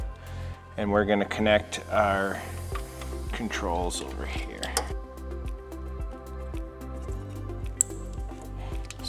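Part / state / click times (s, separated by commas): handlebar controls wiring plug into its mating harness connector / seated / 7.8 s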